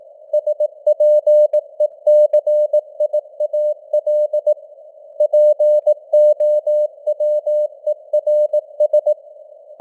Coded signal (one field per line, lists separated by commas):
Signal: Morse code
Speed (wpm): 18 wpm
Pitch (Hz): 600 Hz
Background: none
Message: SPECIAL POWERS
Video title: Morse Code News | 2025-10-23 | 18wpm